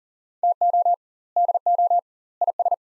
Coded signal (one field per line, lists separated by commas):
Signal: Morse code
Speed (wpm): 40 wpm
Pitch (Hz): 700 Hz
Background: none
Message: TO DO IS